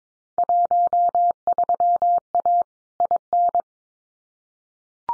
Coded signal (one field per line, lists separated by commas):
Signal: Morse code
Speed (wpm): 22 wpm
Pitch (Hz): 700 Hz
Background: none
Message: 13A IN